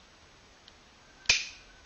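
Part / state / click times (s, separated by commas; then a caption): knife blade into its locking mechanism in the handle / seated / 1.3 s. The steel blade of a Victorinox Nomad folding pocket knife is opened into its locking mechanism in the handle. After a faint tick at 0.7 s, a sharp, bright snap at 1.3 s rings out briefly. The blade snaps in place and locks open.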